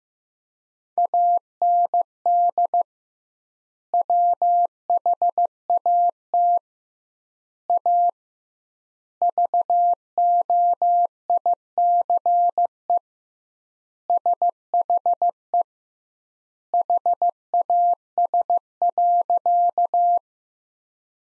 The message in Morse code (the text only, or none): AND WHAT A VOICE SHE HAS.